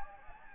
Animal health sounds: mosquito wingbeat signal from an infrared sensor; Anopheles gambiae

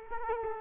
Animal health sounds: mosquito wingbeat signal from an infrared sensor; Culex quinquefasciatus

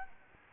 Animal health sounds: mosquito wingbeat signal from an infrared sensor; Anopheles arabiensis

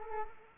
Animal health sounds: mosquito wingbeat signal from an infrared sensor; Culex quinquefasciatus

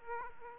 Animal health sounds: mosquito wingbeat signal from an infrared sensor; Aedes aegypti

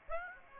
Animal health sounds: mosquito wingbeat signal from an infrared sensor; Aedes aegypti

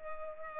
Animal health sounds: mosquito wingbeat signal from an infrared sensor; Culex pipiens

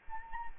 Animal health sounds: mosquito wingbeat signal from an infrared sensor; Anopheles arabiensis

